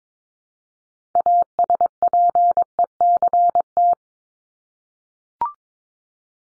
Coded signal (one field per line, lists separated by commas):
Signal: Morse code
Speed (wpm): 22 wpm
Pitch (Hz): 700 Hz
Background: none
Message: ASPECT